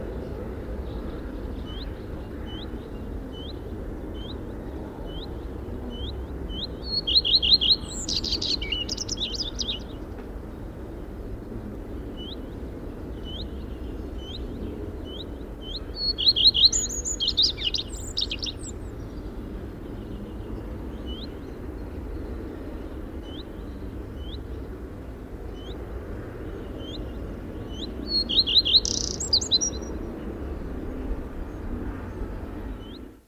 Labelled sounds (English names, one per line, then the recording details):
Common Redstart
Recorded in the wild
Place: Schmale Heide, Insel Rügen, Mecklenburg-Vorpommern, DE
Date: 1969-05-18
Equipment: NAGRA III BH, Sennheiser MD21 mit Reflektor (d=75 cm, Glasfiber) und Stativ
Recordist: Schubert, Michael
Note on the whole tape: Gesang Gartenrotschwanz, dazu Warnen